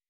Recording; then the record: hydrophone in a shrimp aquaculture tank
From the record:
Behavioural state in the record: weakened